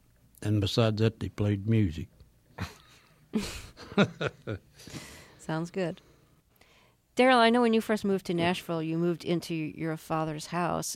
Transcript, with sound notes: And besides that, they played music.
(SOUNDBITE OF LAUGHTER)
Sounds good. Darrell, I know when you first moved to Nashville, you moved into your father's house,